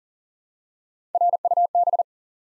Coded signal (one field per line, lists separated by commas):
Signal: Morse code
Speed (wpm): 38 wpm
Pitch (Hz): 700 Hz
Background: none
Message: RUB